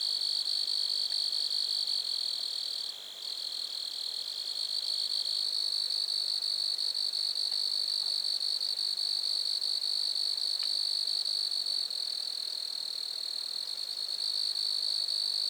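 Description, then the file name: Grasshopper stridulation: a steady, high, buzzy trill with a fainter higher band. It breaks off briefly near three seconds, and a little later a lower band stops. Lac-à-François, Montcerf-Lytton, Quebec, Canada. "criquets-grasshoppers- -lac-acc 80-franccca 7 ois-montcerf-lytton-quecc 81 bec-canada"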